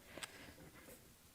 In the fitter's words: we're just going to slide this into place so you want to do it with the little indicator part up at the top and it just slides right in there you'll hear it click